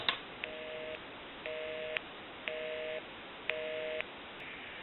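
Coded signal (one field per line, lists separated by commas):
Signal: telephone call progress tone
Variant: North America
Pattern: busy tone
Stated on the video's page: Heard on a Western Electric 302 rotary desk telephone during initial checkout and repair.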